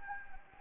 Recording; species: mosquito wingbeat signal from an infrared sensor; Anopheles gambiae